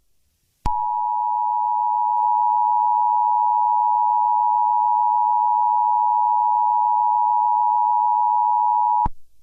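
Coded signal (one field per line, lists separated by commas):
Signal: Emergency Alert System (SAME) tones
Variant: 853 and 960 Hz attention tone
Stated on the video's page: Made-up EAS scenario of a London terror attack, created for entertainment, not a real alert.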